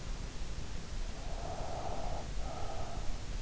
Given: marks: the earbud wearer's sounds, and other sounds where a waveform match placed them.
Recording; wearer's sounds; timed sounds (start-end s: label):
sounds in sleep by an in-ear microphone; breath
1.03-3.06 s: breath